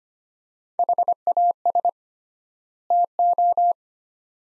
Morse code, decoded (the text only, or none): HAS TO